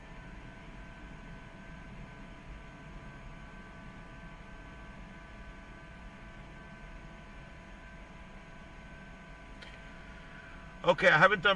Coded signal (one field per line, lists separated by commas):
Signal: FT8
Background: speech